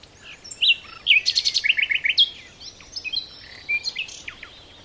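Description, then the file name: Common nightingale song: rich, varied phrases of rapid trills, sharp chirps and fast repeated notes with short pauses, all high-pitched against a quiet background. "Luscinia megarhynchos"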